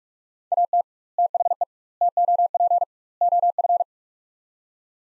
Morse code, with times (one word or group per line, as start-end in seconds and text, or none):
0.5-0.8 AT
1.2-1.6 THE
2.0-2.8 TOP
3.2-3.8 OF